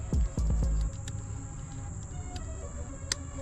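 During reassembly of a 1993 Chevy Caprice's interior wiring, while a 1992 Roadmaster dashboard is being modified to fit, an electrical wiring harness connector with a rubber boot is pushed onto its mating plug. A few low, heavy thumps and rumbles come in the first second, then softer handling noise with faint ticks near 1.1 and 2.4 seconds. A sharp click at 3.1 seconds confirms the connector has seated.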